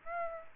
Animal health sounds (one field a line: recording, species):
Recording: mosquito wingbeat signal from an infrared sensor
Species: Aedes aegypti